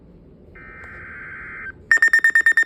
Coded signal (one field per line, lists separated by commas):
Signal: Emergency Alert System (SAME) tones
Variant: header bursts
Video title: EAS Severe thunderstorm warning June 3rd 2024